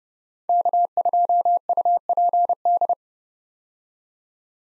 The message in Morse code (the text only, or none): K2UPD